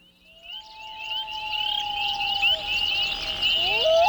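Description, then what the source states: Loon giving a long, clear wailing note that rises, holds steady for several seconds, then breaks into upward slides, over a dense chorus of high chirping frogs. Recorded at Echo Pond in the Adirondacks; described as ethereal and one of the most haunting sounds on the planet.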